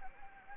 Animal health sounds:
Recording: mosquito wingbeat signal from an infrared sensor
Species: Anopheles gambiae

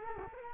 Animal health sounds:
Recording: mosquito wingbeat signal from an infrared sensor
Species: Culex quinquefasciatus

